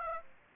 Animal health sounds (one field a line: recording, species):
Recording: mosquito wingbeat signal from an infrared sensor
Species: Aedes aegypti